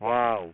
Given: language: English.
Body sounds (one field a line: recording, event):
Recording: throat vibration sensor signal played as sound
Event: speech